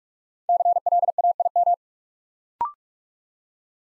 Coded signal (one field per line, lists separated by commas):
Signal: Morse code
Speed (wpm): 44 wpm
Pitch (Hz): 700 Hz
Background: none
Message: CLAIM